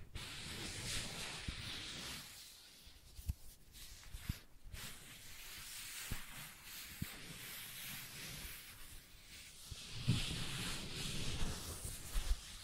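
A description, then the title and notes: Sensitive tracing sounds: soft, continuous scratchy hiss of fingertips or tools moving over a surface, bright and airy, swelling and fading in strokes. Brief taps and clicks punctuate it every second or two, with a louder stretch of rubbing around ten seconds. ASMR Sensitive Tracing (No Talking).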